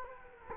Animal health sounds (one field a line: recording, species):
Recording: mosquito wingbeat signal from an infrared sensor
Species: Culex quinquefasciatus